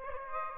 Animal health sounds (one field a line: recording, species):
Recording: mosquito wingbeat signal from an infrared sensor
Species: Aedes aegypti